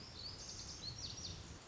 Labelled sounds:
Lazuli Bunting (Passerina amoena)
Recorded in Sonoma County, California

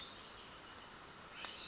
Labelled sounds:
Bewick's Wren (Thryomanes bewickii)
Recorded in Sonoma County, California

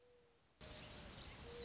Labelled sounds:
Mourning Dove (Zenaida macroura)
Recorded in Sonoma County, California

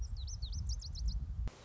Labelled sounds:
Lazuli Bunting (Passerina amoena)
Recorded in Sonoma County, California

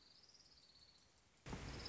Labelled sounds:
Orange-crowned Warbler (Leiothlypis celata)
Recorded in Sonoma County, California

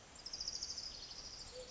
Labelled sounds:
Orange-crowned Warbler (Leiothlypis celata)
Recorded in Sonoma County, California

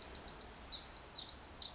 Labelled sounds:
Pacific Wren (Troglodytes pacificus)
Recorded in Sonoma County, California

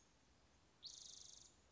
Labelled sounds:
Spotted Towhee (Pipilo maculatus)
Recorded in Sonoma County, California

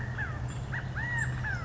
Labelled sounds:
California Quail (Callipepla californica)
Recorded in Sonoma County, California

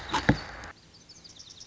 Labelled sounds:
Lazuli Bunting (Passerina amoena)
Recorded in Sonoma County, California

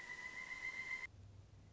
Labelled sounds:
Pileated Woodpecker (Dryocopus pileatus)
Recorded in Sonoma County, California

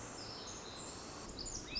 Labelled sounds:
Pacific Wren (Troglodytes pacificus)
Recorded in Sonoma County, California

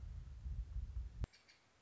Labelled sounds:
Nuttall's Woodpecker (Dryobates nuttallii)
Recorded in Sonoma County, California

